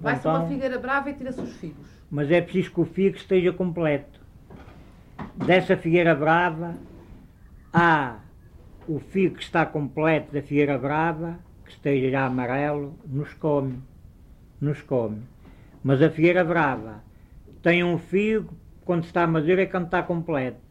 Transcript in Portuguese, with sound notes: Vai-se a uma figueira brava e tira-se os figos.
Mas é preciso que o figo esteja completo. [pausa] Dessa figueira brava há: o figo que está completo da figueira brava, que esteja já amarelo, não se come – não se come –, mas a figueira brava tem um figo que quando está maduro é quando está completo.